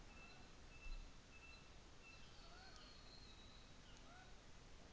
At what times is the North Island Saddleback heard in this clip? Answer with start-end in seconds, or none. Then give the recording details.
0.00-4.79. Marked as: faintness 4/5. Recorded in New Zealand on 24 December 2018. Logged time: 17:00